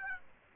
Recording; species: mosquito wingbeat signal from an infrared sensor; Aedes aegypti